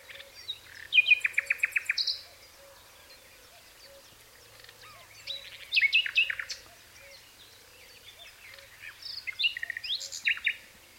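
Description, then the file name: Common nightingale song: three phrases mixing a high buzzy trill, fast repeated chirps and varied whistles, with pauses between each. "Luscinia megarhynchos"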